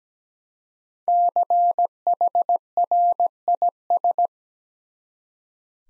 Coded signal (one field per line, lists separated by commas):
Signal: Morse code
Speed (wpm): 17 wpm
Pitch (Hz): 700 Hz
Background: none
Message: CHRIS